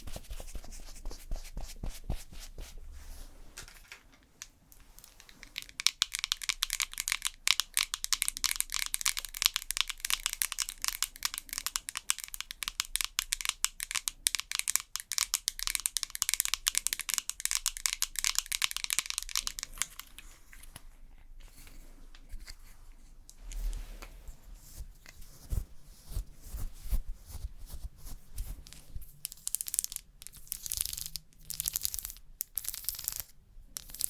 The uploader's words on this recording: ASMR Doing Your MINT Makeup (Fast & Aggressive Layered Sounds) NO TALKING.